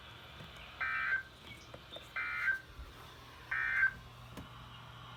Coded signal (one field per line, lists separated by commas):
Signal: Emergency Alert System (SAME) tones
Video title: The more the merrier EAS# 85-89 6/7/20 (Read Desc)